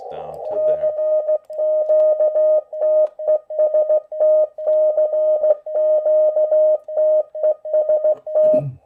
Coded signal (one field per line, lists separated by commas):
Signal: Morse code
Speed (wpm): 16 wpm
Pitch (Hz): 620 Hz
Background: speech, radio noise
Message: CQ TEST CQ TEST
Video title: WPX CW Contest using RHR Morse Code - Part 2